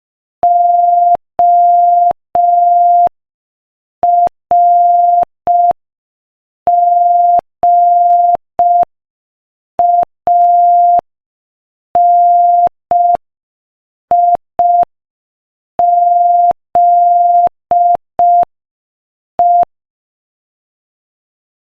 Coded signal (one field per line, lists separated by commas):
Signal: Morse code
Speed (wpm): 5 wpm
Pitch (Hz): 700 Hz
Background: none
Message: ORGANIZE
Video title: Morse Code Practice: 5 wpm Joke #4